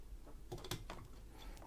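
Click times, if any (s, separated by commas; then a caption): 0.7 s. A second wire fan clip on a Gamdias Boreas E1 410WH ARGB CPU cooler is pulled over and locks into the heatsink fins, seating the fan on the cooler. A short series of small metallic clicks and scrapes is heard, with the main locking click at 0.7 s and fainter ticks afterward. No one talks.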